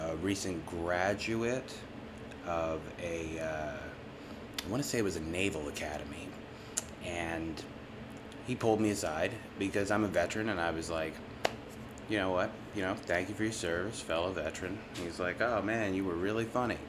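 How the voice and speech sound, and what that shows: A man tells a casual anecdote in a small room, with ordinary fluent speech and brief hesitations.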